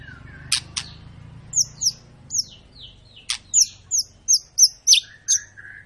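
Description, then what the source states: White-rumped shama gives two loud clicks, then a quick series of sharp high notes, some descending, and a lower whistled phrase. Long lure recording (pancingan) of a persistently singing (gacor) white-rumped shama, used to prompt other birds to sing.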